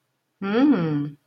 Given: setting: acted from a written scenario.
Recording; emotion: vocal sound without words; contentment